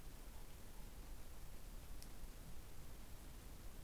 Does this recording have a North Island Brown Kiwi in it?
no